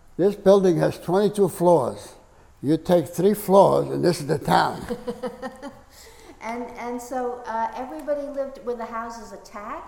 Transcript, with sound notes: this building has 22 floors. You take three floors and this is the town.
[laughs] And—and so everybody lived with the houses attached?